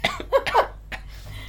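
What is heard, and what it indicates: An adult man gives a quick run of three or four short, harsh, partly voiced bursts within about a second, followed by quiet room noise. This is a brief cough during conversation.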